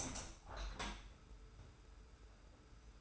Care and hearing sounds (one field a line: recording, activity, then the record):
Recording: daily activity, microphone in the room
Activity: open window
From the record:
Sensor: 2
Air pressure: 991.1 hPa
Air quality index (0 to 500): 119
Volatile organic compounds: 81 ppm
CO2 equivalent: 3616 ppm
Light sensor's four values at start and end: 36/106/42/40 and 37/107/42/40